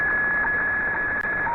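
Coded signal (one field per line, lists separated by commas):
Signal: weather fax (radiofax)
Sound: steady high tone in hiss, ticking about twice a second, dropping lower at end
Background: radio static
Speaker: there's a fax transmission that we're receiving from New Orleans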